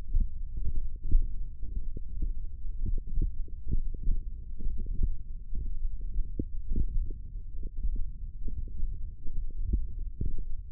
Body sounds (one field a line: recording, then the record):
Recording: forearm muscle sounds (acoustic myography)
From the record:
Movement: tripod grip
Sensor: system 1, eight BSWA MPA416 microphones around the upper forearm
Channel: 5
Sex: male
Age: 23 years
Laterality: right